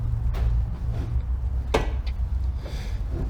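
A wiring harness plug is pushed into the exhaust valve module plug during an LC 500 exhaust valve controller install, over a steady low hum. A sharp click at 1.8 s shows the connector seating into the module, followed by a fainter tick at 2.1 s.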